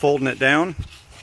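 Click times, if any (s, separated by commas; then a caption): none. An insulated magnetic window cover is being unsnapped and folded down toward the steel window frame of a van while someone talks, followed by a faint low thump and quiet handling. The cover has not yet been pressed on, so nothing has seated or clicked yet.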